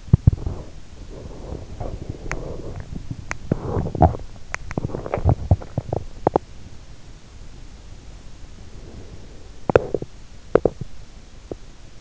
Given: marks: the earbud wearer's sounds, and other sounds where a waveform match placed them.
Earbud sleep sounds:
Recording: sounds in sleep by an in-ear microphone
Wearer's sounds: teeth grinding, breath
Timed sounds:
0.00-6.85 s: teeth grinding
8.28-10.23 s: breath
9.68-12.01 s: teeth grinding

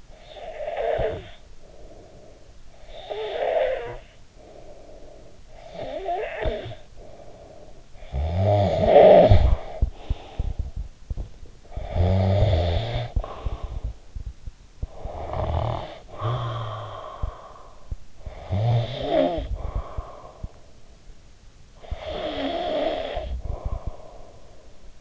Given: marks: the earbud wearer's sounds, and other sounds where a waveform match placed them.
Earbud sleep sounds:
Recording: sounds in sleep by an in-ear microphone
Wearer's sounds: snoring breath, teeth grinding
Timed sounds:
0.00-9.56 s: snoring breath
9.68-11.43 s: teeth grinding
11.43-13.13 s: snoring breath
13.21-15.01 s: teeth grinding
14.78-21.21 s: snoring breath
21.43-25.01 s: snoring breath

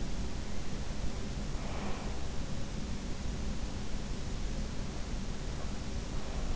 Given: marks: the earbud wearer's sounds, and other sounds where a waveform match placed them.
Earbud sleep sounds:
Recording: sounds in sleep by an in-ear microphone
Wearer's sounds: breath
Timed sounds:
1.42-2.49 s: breath

